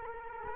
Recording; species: mosquito wingbeat signal from an infrared sensor; Culex quinquefasciatus